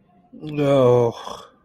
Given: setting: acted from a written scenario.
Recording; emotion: vocal sound without words; embarrassment